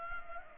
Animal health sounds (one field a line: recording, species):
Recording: mosquito wingbeat signal from an infrared sensor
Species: Culex pipiens